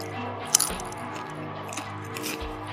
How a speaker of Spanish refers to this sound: No, es que tiene que escuchar a la gente como masticas. De hecho, se escucha como si estuviera marchando.